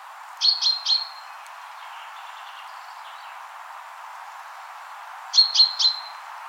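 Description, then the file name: Common chaffinch calls: a set of three high sharp notes, a long pause with faint chirps, then another triplet about five seconds later. "Fringilla coelebs"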